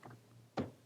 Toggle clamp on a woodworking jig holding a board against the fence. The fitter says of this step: you got to push it all the way over there's a little click click that's what